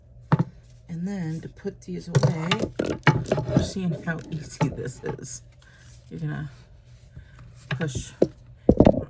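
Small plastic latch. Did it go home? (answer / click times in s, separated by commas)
yes / 8.7 s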